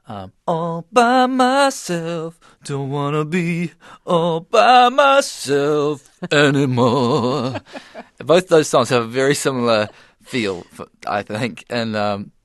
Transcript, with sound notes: all by myself. Don't want to be all by myself anymore.
(SOUNDBITE OF LAUGHTER)
Both those songs have a very similar feel, I think,